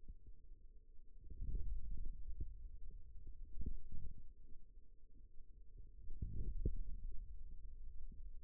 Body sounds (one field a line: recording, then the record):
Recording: forearm muscle sounds (acoustic myography)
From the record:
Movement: ulnar deviation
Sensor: system 2, bracelet of six BSWA MPA416 microphones around the upper forearm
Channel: 3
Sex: male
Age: 22 years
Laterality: right